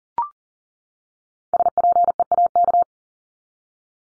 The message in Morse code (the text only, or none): SPEAK